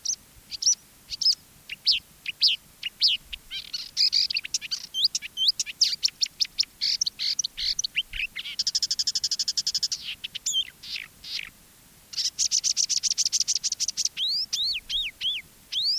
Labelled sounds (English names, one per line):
Marsh Warbler song